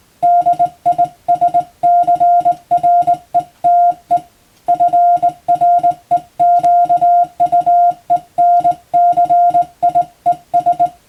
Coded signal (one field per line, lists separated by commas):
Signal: Morse code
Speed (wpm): 20 wpm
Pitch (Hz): 700 Hz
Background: music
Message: DISCRETE FREQUENCIES